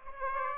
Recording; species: mosquito wingbeat signal from an infrared sensor; Aedes aegypti